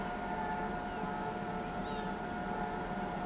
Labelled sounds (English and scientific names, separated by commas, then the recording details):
Tropical Kingbird (Tyrannus melancholicus)
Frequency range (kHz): Tropical Kingbird (Tyrannus melancholicus) 4.2-6.4 kHz
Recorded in pastures near Pivijay, Magdalena, Colombia, on 16 April 2023 at 05:30
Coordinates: 10.456, -74.369
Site P6-G026